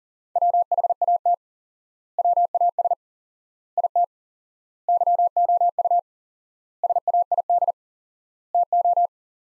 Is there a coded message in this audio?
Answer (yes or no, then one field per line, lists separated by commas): yes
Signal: Morse code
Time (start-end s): 0.4-9.1 s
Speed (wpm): 37 wpm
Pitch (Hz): 700 Hz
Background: none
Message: WHAT WAS IT YOU SAID TO